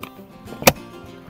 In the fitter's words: lock हो गया आपने की घुमाई नाउ दिस इज लॉक